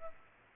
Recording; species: mosquito wingbeat signal from an infrared sensor; Aedes aegypti